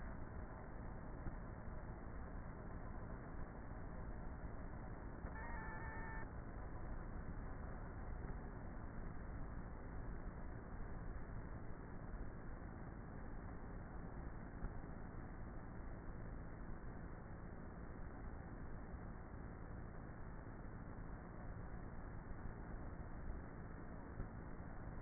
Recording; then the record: honeybee colony, microphone inside the hive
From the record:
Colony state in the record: queenless with a low population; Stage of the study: before two queens were removed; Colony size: about 30,000 bees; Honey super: no